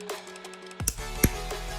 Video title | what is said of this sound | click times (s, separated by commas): HOW TO VINYL WRAP CAR ROOF (Full E46 BMW DIY Install Tutorial) (WITH SUNROOF) | I'm just going to pull at it. You'll hear it click out. | 0.9 s, 1.2 s